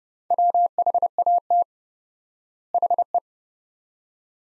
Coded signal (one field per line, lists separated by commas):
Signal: Morse code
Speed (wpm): 30 wpm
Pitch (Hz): 700 Hz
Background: none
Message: WHAT HE